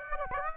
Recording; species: mosquito wingbeat signal from an infrared sensor; Aedes aegypti